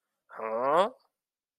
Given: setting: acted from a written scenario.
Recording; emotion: vocal sound without words; negative surprise